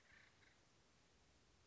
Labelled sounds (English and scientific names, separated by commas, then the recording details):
Acorn Woodpecker (Melanerpes formicivorus)
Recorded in Sonoma County, California